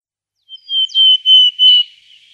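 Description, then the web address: Willow tit giving a brief sharp note, then four drawn-out level whistles in quick succession, clear against a silent background. "Schulze Peter Willow Tit calls"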